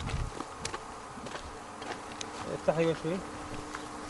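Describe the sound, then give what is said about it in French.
A swarm of honeybees buzzes around their hives, scattered in the Wadi Doan valley during the acacia season, in a steady, low droning hum that holds throughout, with a brief murmur of a voice rising over it near the end. “Ses employés, eux, ne s'éloignent jamais bien loin des abeilles.”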